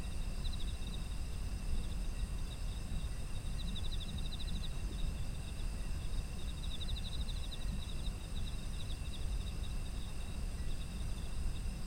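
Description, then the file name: Insects producing continuous high-pitched ringing with several short bouts of fast pulsed trills scattered across the recording, over a steady low rumble. Autumn insects, ambient environmental sound. "秋の虫の環境音"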